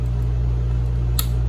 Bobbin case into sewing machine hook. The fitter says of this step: and you'll hear it click.